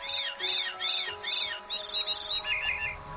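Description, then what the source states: Veery song: several ringing, arched flute notes, two higher near the end, then a lower rough, burry trill, over a low steady tone. Male song, haunting, ethereal and flute-like, given from forest edge; played again.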